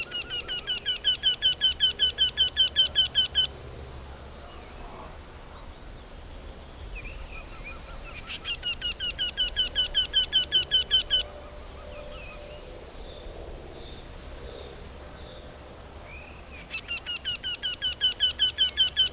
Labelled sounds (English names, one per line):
Eurasian Wryneck song